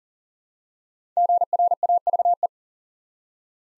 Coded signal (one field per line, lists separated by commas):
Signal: Morse code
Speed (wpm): 40 wpm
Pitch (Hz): 700 Hz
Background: none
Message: GRAVE